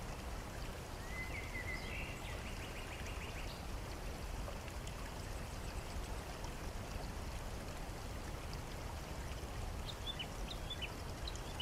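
A big waterfall roars steadily and densely throughout, a deep, unbroken rush of falling water close by. Around one to three seconds a bird gives a short rising trill above the noise, and near the end a few faint, high chirps come through.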